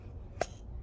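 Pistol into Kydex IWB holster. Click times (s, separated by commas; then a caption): 0.4 s. An M&P Shield 9mm pistol is reholstered into a G-Code Phenom Stealth Kydex IWB holster lined with soft fabric. A single short, muffled click sounds at 0.4 s over a quiet background, dampened by the fabric lining. The pistol is seated in the holster.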